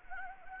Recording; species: mosquito wingbeat signal from an infrared sensor; Anopheles gambiae